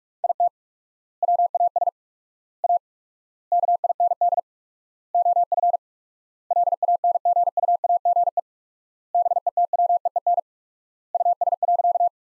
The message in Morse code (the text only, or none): IT WAS A KIND OF LANGUAGE BETWEEN US.